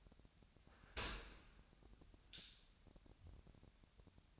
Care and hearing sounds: daily activity, microphone in the room; open dishwasher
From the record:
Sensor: 2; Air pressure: 1006.5 hPa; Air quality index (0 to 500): 202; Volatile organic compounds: 14 ppm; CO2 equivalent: 2470 ppm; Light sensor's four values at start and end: 9/21/9/9 and 9/22/9/9

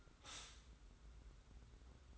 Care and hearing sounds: daily activity, microphone in the room; stop toaster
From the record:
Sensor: 3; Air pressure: 991.6 hPa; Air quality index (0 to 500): 182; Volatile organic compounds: 1000 ppm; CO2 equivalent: 6077 ppm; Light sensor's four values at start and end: 41/118/48/42 and 41/118/48/42

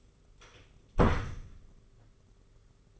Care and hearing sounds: daily activity, microphone in the room; close door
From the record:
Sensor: 4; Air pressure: 991.2 hPa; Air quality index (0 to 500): 134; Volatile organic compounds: 47 ppm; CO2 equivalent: 3257 ppm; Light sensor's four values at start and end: 13/33/12/14 and 9/22/8/9

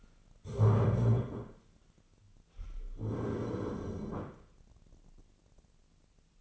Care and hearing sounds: daily activity, microphone in the room; stand up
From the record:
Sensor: 4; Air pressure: 1010.0 hPa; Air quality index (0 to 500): 196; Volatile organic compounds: 3 ppm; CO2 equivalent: 1407 ppm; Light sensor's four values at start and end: 41/99/41/45 and 40/99/41/45

